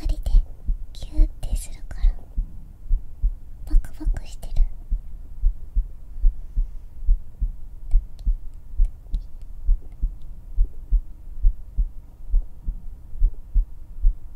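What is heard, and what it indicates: Steady low thumping adult heartbeat, about 70 beats a minute, heard through a close hug and picked up by a black 3Dio binaural microphone. The heart is pounding from hugging right after meeting. Soft whispering runs over the first seconds.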